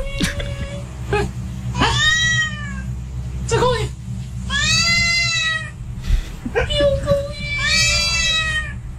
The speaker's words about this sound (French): Alors, il dit un mot et il miaule plus ou moins fort. Voilà, c'est ça.